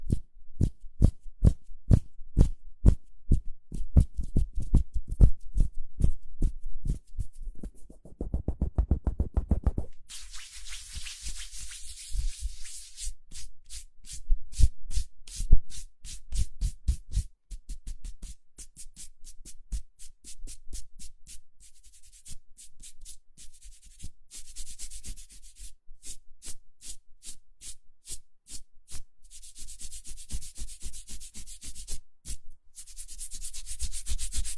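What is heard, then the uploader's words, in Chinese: Hands rub together in fast, regular strokes, starting dull and muffled, then turning brighter and hissier after about ten seconds. 搓手手。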